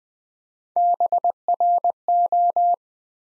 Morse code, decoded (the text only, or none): BRO